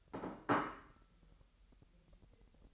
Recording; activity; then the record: daily activity, microphone in the room; place plate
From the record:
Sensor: 3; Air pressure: 1002.0 hPa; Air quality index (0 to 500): 247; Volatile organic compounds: 51 ppm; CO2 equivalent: 3313 ppm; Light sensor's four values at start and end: 12/36/15/13 and 12/36/15/13